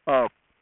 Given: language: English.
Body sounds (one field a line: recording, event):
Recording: throat vibration sensor signal played as sound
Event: speech